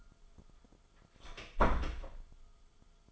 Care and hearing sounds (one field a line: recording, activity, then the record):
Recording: daily activity, microphone in the room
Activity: close door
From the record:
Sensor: 5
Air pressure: 1005.0 hPa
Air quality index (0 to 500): 106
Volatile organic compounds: 2 ppm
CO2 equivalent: 1291 ppm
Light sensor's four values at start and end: 35/81/33/32 and 35/82/33/32